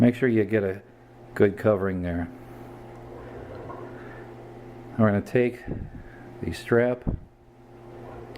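A replacement rubber watch strap for a fitness tracker, used to replace blistered bands, is taken and lined up on the watch body just before being pushed on. Someone talks, then a faint minor sound comes near 8.4 s. The strap has not seated or clicked yet.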